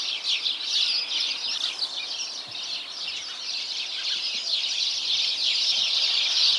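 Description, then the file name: House sparrows chattering, overlapping chirps somewhat looser than a solid wall, with individual sharper calls standing out over the flock. "Passer domesticus"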